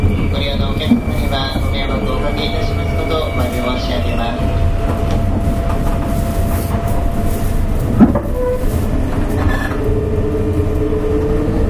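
A JR 201-series train runs with a steady low rumble and whining tones, voices murmuring throughout, and a sharp knock around eight seconds.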